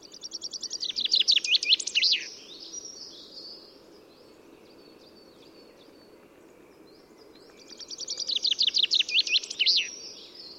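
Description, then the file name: Common chaffinch singing two song phrases several seconds apart, each a quick series of notes ending in a flourish. "Fringilla coelebs"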